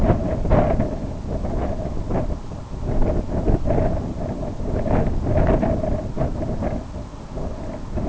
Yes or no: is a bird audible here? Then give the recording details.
no. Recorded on Arctic tundra, site IGLO-B, on 24 June 2018. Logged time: 01:59